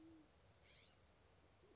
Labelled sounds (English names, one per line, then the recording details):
California Scrub-Jay
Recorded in Sonoma County, California